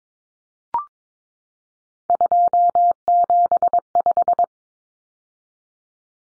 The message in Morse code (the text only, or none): 275